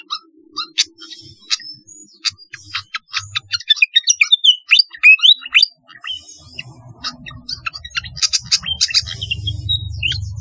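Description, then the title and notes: Flycatcher song: varied sharp chirps and upslurred whistles in an irregular stream, while a low rumbling noise builds toward the end. "Kicau Burung Sikatan"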